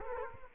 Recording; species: mosquito wingbeat signal from an infrared sensor; Culex quinquefasciatus